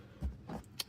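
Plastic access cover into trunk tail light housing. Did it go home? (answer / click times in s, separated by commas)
yes / 0.8 s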